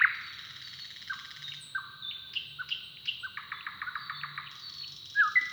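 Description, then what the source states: Bird song with slurred whistles and a quick run of chattering notes, ending in a sharp twisting call. Song duel between neighbouring males.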